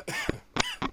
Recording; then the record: coughing mixed with background sound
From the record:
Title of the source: Dry Afternoon Cough